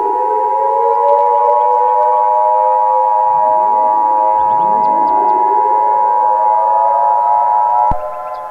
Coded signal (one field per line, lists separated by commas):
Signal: Emergency Alert System (SAME) tones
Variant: 853 and 960 Hz attention tone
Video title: EAS Scenario Special Neon Mania